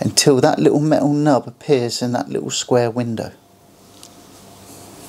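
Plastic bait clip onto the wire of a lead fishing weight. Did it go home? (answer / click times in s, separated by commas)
no / none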